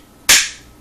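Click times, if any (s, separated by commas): 0.3 s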